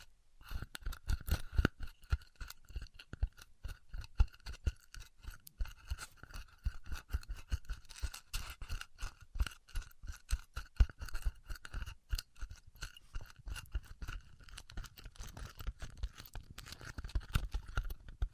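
Styrofoam being cut with a heated cutter, a dense run of quick scratchy crackles and squeaks that never lets up for the whole stretch. The rasping bursts come fast and irregular, with a faint steady high whine running underneath and a low thudding mixed in.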